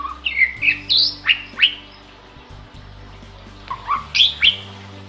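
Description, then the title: Bali myna song: a few loud, sliding whistled and rasping notes in a quick burst, a pause, then another short burst of whistled notes, over a faint steady low hum. Indonesian title calls the bird gacor, describing a vigorous, continuous singing style. "Jalak Bali Gacor"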